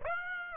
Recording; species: mosquito wingbeat signal from an infrared sensor; Aedes aegypti